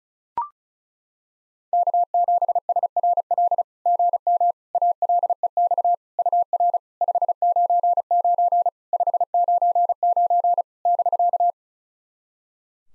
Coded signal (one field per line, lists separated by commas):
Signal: Morse code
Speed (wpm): 36 wpm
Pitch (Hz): 700 Hz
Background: none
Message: K7SRL GM ALEX UR 599 599 <BK>